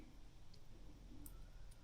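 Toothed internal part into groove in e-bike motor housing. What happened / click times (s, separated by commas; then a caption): A small internal part snapped into its groove / 1.3 s. While reassembling a Shimano EP8/EP800 e-bike drive motor, a toothed internal part is pressed into a groove in the motor housing, with its small protrusion lined up so it can snap in properly. A faint tick at 0.5 s is followed by a sharp click at 1.3 s as the teeth snap into the groove, over a low steady background rumble. The part is confirmed seated.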